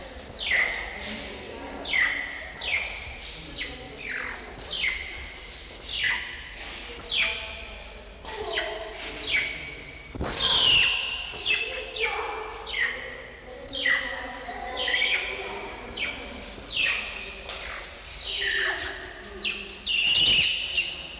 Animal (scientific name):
Mungos mungo